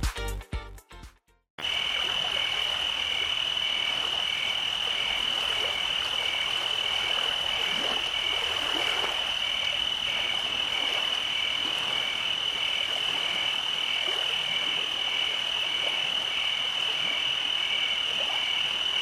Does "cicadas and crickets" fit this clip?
yes